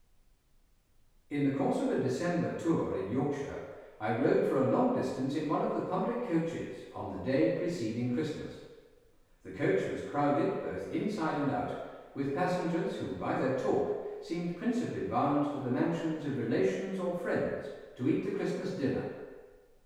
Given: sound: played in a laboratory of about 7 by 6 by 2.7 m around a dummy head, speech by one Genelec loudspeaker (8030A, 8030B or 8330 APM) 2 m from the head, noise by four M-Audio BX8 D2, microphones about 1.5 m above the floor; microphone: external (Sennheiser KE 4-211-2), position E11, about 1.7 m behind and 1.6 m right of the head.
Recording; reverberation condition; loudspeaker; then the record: male speech in English; high; 60 degrees to the right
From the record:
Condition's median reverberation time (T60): about 1300 ms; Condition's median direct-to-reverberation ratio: about -4.0 dB